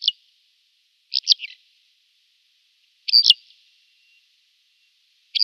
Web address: Schulze Peter Bar-tailed Lark song